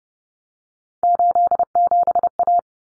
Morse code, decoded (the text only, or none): 87A